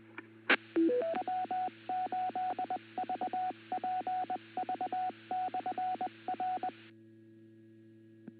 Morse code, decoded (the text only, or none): E W8VPV/R